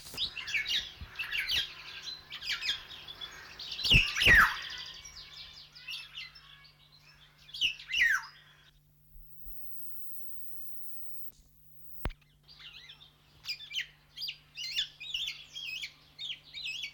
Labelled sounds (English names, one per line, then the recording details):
Black-naped Oriole
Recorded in captivity
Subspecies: celebensis
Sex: male
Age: adult
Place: Zoo Berlin, Berlin, DE
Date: 1995-02-25 11:19
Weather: wolkig, 3°C
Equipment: Marantz CP 430, Sennheiser ME 80, Kopie Uher Variocord 263
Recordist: Tembrock, Günter